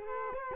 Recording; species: mosquito wingbeat signal from an infrared sensor; Culex quinquefasciatus